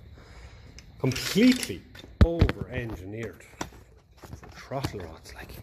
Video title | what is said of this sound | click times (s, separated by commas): 1954 Ferguson 20 TEF Diesel Part 11 - Throttle Rods and Air Cleaner | okay lovely so let's go back got that's a satisfying click when it goes on | 0.8 s